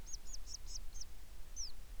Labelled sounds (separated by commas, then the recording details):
songbird
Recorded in the Prudhoe Bay oil fields, Alaska, on 10 July 2019 at 09:36
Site 11